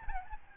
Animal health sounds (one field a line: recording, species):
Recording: mosquito wingbeat signal from an infrared sensor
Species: Aedes albopictus